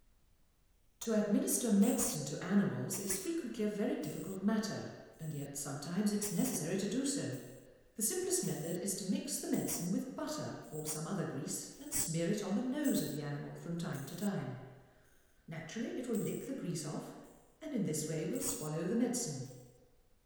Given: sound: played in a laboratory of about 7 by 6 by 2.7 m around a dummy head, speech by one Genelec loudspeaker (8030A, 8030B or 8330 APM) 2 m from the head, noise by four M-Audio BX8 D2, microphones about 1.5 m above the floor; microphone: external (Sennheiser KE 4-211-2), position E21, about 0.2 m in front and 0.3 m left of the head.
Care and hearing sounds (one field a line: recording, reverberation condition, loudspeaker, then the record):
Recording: female speech in English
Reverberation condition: high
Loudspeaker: 30 degrees to the right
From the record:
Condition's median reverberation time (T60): about 1300 ms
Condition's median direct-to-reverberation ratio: about -4.0 dB